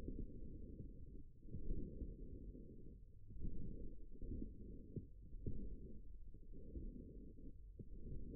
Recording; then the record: forearm muscle sounds (acoustic myography)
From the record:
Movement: forearm supination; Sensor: system 1, eight BSWA MPA416 microphones around the upper forearm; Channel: 7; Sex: male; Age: 54 years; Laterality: right